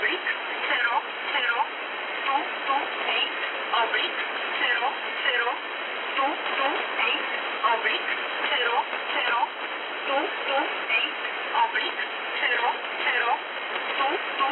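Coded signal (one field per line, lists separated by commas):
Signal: numbers station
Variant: E11 Oblique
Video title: E11 Oblique, Warsaw, Poland, Numbers Station, 228/00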